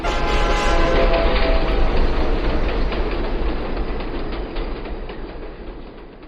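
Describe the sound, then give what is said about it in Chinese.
A passenger train rumbles steadily along the rails, a dense, continuous roar with faint rhythmic clatter, loud throughout and easing slightly toward the end, with no voices. “爸呀，晚上就能到家，下了火车就去医院啊。”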